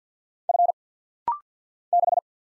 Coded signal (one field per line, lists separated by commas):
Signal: Morse code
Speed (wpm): 50 wpm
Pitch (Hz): 700 Hz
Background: none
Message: F 6